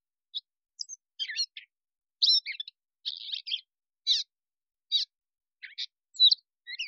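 Catbird song of brief, varied, squeaky and scratchy phrases with short gaps between them.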